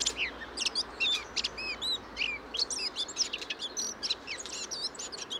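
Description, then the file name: Eurasian blackcap warble mixing quick high chips with clear whistled, arching notes in a lively, steady flow. "Sylvia atricapilla"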